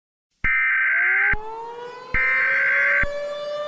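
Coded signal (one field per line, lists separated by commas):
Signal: Emergency Alert System (SAME) tones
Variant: header bursts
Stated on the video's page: Fictional EAS scenario inspired by Borderlands, built with valid EAS tones.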